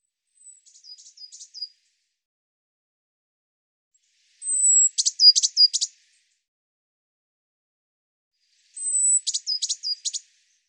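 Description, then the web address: Eurasian blue tit calls: three bouts of a thin high whistle followed by quick buzzy notes, the first faint, the later two louder, spaced about four seconds apart. "cianscape birddata Deverinetal 2025 File cleaned normalized Bird Cy Ca"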